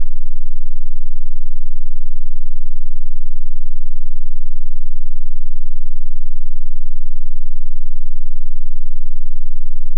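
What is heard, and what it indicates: A steady, low-pitched droning hum with a fast, even throb of about four pulses a second, with no high-pitched content. This is a simulated tinnitus sound used for tinnitus determination, to match the noise a person hears in their ears.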